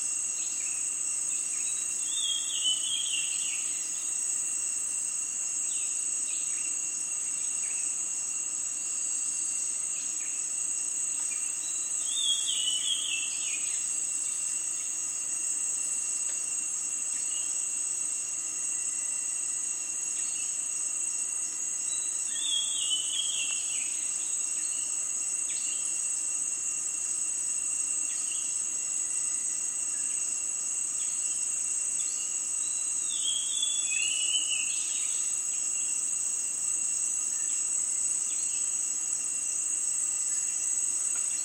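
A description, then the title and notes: Dusk in the rainforest, filled with a loud, unbroken high insect drone that holds steady throughout. About every ten seconds a short, falling bird call rings out at mid pitch, clear against the constant hum, with faint quieter chirps scattered between. Dusk in the rainforest.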